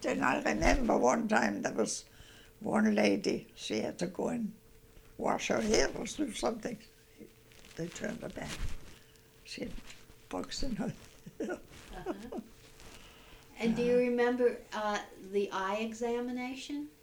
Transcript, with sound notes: And I remember one time there was only lady, she had to go and wash her hair or something. They turned her back. She had bugs in her hair. ( she laughs )
And do you remember the eye examination?